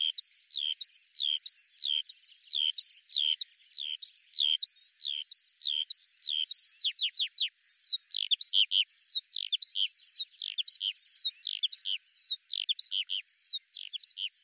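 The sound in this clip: Eurasian skylark song, a continuous high rapid stream of short chirping and slurred notes.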